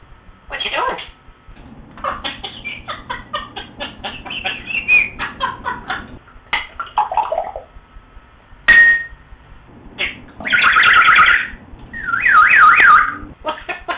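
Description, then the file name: Parrot calls: rapid chattering notes, then a clear whistle, a buzzy harsh burst and a wavering trilled whistle near the end. Pet parrot. "bosun parrot"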